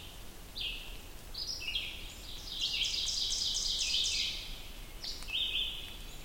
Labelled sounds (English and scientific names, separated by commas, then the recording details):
Ovenbird (Seiurus aurocapilla) song
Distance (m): 40 m
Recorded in boreal forest in Alberta, Canada, on 2 June 2016 at 07:01
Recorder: SongMeter 3, array SBT-3-7
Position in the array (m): 44 m, 159 m
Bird 4